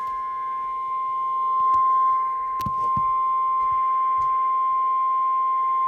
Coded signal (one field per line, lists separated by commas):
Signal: Emergency Alert System (SAME) tones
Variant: 1050 Hz attention tone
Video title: DEVIOUS STERLING ALERT (7/28/21) EAS 323 (RE-UPLOADE)